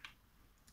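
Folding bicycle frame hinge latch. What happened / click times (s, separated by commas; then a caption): The frame latch clicked open / 0.0 s. The aluminium frame-folding hinge latch on a Decathlon Btwin Tilt 500 folding bike is pulled open by its tooth. A sharp click at 0.05 s marks the latch releasing, followed by a quieter tick near 0.7 s. The folding mechanism opens.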